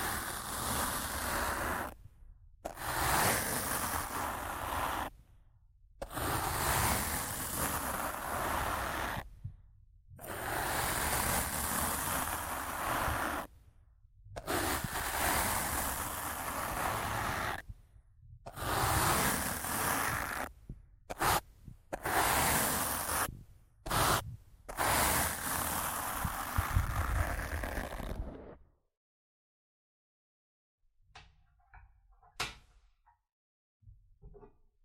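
Rough scratching and brushing on a microphone comes in dense, hissing bursts of a few seconds each, separated by short silent gaps that grow quicker and more frequent toward the end. After about 28 seconds it stops, leaving near silence with a few faint ticks.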